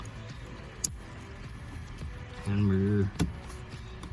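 The plastic secondary safety-lock tab on a fuse box connector is pushed in by hand while installing the fuse block for a GM upfitter switch on a 2019-and-newer body-style truck. A sharp click sounds at 0.9 s as the tab locks in, and someone talks. The tab is seated and the connector is confirmed good.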